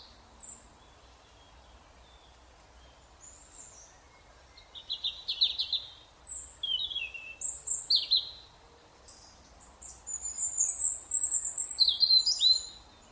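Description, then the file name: European robin delivering high, varied phrases: sliding whistles and quick trills that build in the middle, pause briefly, then return in a busier final phrase. "Erithacus rubecula"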